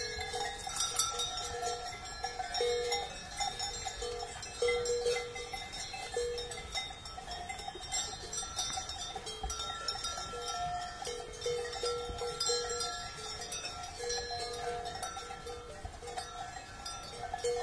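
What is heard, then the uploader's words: Cow bells clang continuously as a herd is driven along a mountain road, bright overlapping clanks at varied pitches over a soft, steady background hiss. Driving cows on the mountain road, crisp bells.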